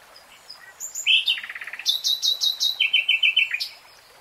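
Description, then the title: Nightingale song: a brief whistle, then rapid buzzy trills and a series of loud repeated chirped notes, ending in an even pulsed rattle. From a three-hour real-time recording. "[Tiếng chim hót] Nightingale Singing"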